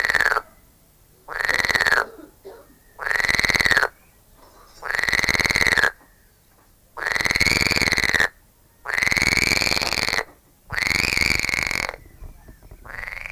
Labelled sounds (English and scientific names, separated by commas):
Edible Frog (Pelophylax esculentus)